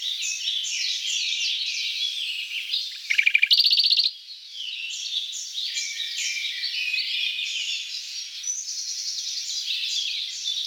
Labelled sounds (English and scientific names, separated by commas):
Radde's Warbler (Phylloscopus schwarzi) song